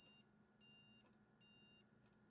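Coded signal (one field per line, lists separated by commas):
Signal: beep code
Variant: ASUS motherboard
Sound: end of one beep, then two short high beeps, evenly spaced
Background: low hum, small room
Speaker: So, we've got one long, two short.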